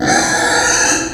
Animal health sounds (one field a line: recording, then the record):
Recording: squeal of a Yucatan mini pig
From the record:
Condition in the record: before surgery on the right vocal fold (resection and tissue-engineered implant)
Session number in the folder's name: 3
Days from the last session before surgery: 0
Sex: female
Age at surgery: 19 weeks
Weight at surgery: 25 kg